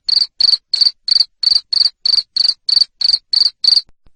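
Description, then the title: Cricket giving loud, even chirps, roughly three per second, each a short buzzy pulse, ending in silence. Loud chirping of a cricket, played to make lovebirds sing ngekek continuously. "Suara JANGKRIK NGERIK Keras Bikin LOVEBIRD Jadi NGEKEK Terus Vubey"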